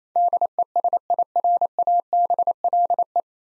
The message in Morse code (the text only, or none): DESIRABLE